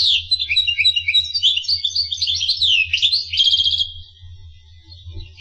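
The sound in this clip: Finch song, a quick jumble of high chirps and twitters ending in a rapid buzzy trill, then near silence; a low hum runs throughout.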